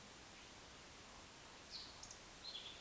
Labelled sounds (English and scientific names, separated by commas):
Eurasian Woodcock (Scolopax rusticola) whistle, Eurasian Woodcock (Scolopax rusticola) croak